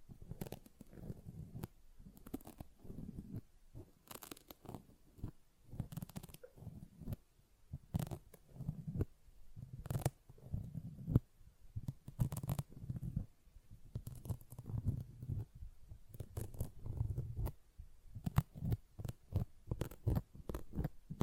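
A sponge is worked by hand in a rapid, uneven series of soft squishing and scratching strokes, with almost no pauses over the whole stretch. Most of the sound sits in a low, muffled range, while some strokes add brief, sharp, bright rasps.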